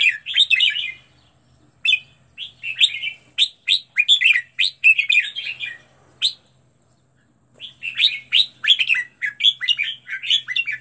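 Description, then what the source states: Red-whiskered bulbul song: bright, busy chirping phrases, a long pause, then a renewed burst of rapid warbled notes. Training song for teaching birds to sing, with 15 standard song styles.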